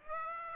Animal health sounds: mosquito wingbeat signal from an infrared sensor; Aedes aegypti

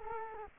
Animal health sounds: mosquito wingbeat signal from an infrared sensor; Culex quinquefasciatus

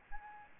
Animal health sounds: mosquito wingbeat signal from an infrared sensor; Aedes albopictus

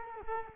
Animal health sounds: mosquito wingbeat signal from an infrared sensor; Culex quinquefasciatus

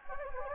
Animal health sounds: mosquito wingbeat signal from an infrared sensor; Anopheles gambiae

